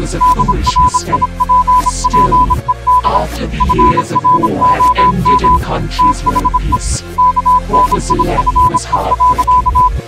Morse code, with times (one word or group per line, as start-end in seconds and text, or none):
0.2-3.2 DRIPPED
3.6-5.6 FROM
6.0-6.8 THE
7.2-9.9 KNIFE.